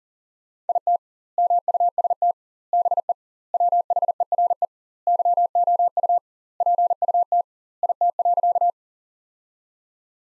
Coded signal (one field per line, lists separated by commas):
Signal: Morse code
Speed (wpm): 40 wpm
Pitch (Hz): 700 Hz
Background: none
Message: IT MUST BE WHERE YOU PUT IT.